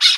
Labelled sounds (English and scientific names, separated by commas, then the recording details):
Brown-throated Parakeet (Eupsittula pertinax) contact call
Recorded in Margarita